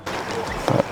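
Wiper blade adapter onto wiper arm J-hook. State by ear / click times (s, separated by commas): seated / 0.7 s, 0.8 s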